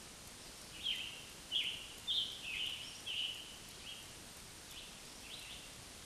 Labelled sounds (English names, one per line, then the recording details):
Scarlet Tanager song
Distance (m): 35 m
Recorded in a Pennsylvania forest on 1 June 2023 at 08:07
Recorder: AudioMoth, point grid3_13_high
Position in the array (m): 165 m, 141 m